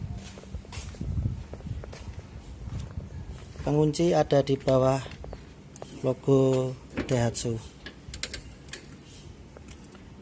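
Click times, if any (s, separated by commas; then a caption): 8.2 s. At the front of a Daihatsu Taruna, the metal secondary safety catch under the Daihatsu grille logo is pushed to free the bonnet while someone talks. Several sharp mechanical ticks follow, with the catch clicking free at 8.2 s, and the hood is released and can now open.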